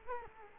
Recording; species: mosquito wingbeat signal from an infrared sensor; Culex quinquefasciatus